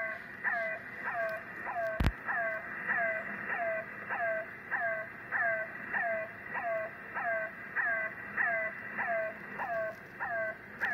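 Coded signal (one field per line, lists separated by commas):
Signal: channel marker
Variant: The Air Horn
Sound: repeated short honking harmonic tones, about 16 in 11 seconds, one sharp click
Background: radio static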